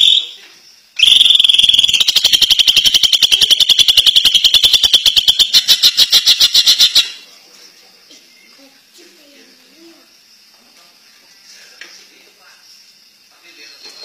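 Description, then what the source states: Greater green leafbird singing one long, rapid, buzzy trill lasting about six seconds, followed by quiet background with faint chirps. Champion competition bird singing its kicau song.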